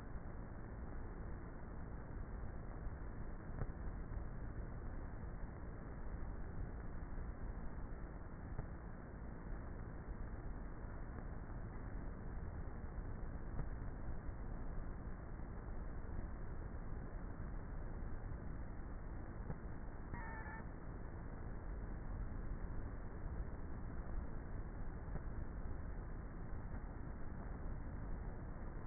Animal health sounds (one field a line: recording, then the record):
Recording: honeybee colony, microphone inside the hive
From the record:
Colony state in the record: queenless with a low population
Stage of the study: before two queens were removed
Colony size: about 30,000 bees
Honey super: no